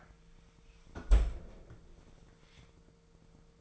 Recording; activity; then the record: daily activity, microphone in the room; close fridge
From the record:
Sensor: 5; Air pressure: 1014.9 hPa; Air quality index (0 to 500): 173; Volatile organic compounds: 6 ppm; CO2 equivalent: 1902 ppm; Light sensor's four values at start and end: 65/153/64/69 and 65/151/64/69